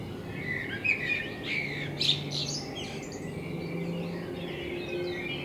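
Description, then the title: Common blackbird song: warbled phrases with high twittering notes over a low background hum. Binaural dummy-head recording with a self-built artificial head, made in front of the recordist's window; intended for headphone listening. "Kunstkopfaufnahme der Amsel vor meinem Fenster"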